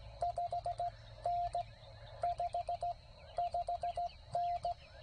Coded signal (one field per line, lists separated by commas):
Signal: Morse code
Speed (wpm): 17 wpm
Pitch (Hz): 700 Hz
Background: none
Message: 5N 5 5N